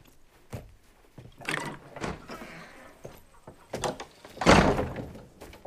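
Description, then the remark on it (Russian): A door is opened with a creak and scrape, footsteps shuffle as a man gets up and walks out, then the door swings shut with a loud, heavy thud that resonates briefly. No voices are heard. “встает и выходит за дверь.”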